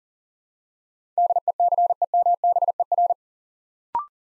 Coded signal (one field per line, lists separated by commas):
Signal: Morse code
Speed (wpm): 40 wpm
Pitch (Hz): 700 Hz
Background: none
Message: DECEMBER